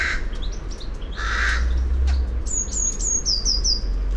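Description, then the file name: Eurasian blue tit giving one very high, thin phrase of level notes then quick downslurred notes, after harsh, raspy calls, over a steady low rumble. "Cyanistes caeruleus"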